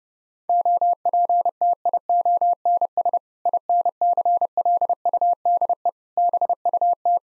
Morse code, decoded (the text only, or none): OPTIONS INCLUDE BUT